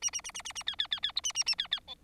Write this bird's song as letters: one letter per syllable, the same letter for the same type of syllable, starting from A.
A A A A A A B B B B C A A A B B D